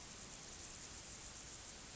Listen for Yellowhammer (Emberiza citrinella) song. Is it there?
no